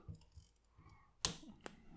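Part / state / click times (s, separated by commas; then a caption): figure's head hinge into the chest/torso of a transforming action figure / seated / 1.2 s. The robot head of a plastic Transformers War for Cybertron: Kingdom Megatron (Beast Wars) action figure is flipped out on its hinge into the chest/torso during transformation. After faint handling rustles, it seats with a sharp, loud click at 1.3 s, followed by a softer tap near 1.7 s.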